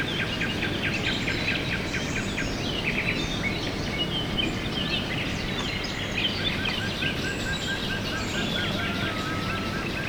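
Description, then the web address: Birds singing, with bursts of high chirps and a row of short repeated mid-pitched notes, all set against a steady heavy background hiss. Birds recorded at dawn, 5 a.m. "poloska hajnal 5 ora madarak skalapotamia"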